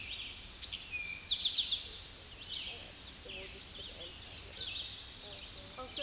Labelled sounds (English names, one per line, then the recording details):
Red-eyed Vireo song
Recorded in a Pennsylvania forest on 16 May 2024 at 07:45
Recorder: AudioMoth, point MSD-1401
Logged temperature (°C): 16.4 °C
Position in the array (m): 39 m, 177 m